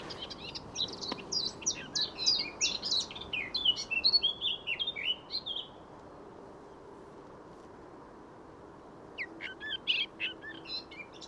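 Eurasian blackcap singing a rapid, chattering warble of mixed high notes. It pauses for several seconds, then starts another short burst.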